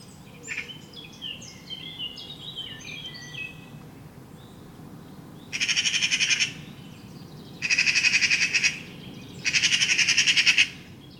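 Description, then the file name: Eurasian magpie chattering in three loud, dry rattling bursts, each about a second long, after a spell of thin twittering notes from smaller birds. "Pica pica"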